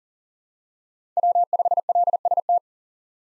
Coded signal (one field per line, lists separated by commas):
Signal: Morse code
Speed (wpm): 39 wpm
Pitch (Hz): 700 Hz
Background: none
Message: W5LST